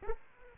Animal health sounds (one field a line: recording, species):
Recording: mosquito wingbeat signal from an infrared sensor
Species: Aedes aegypti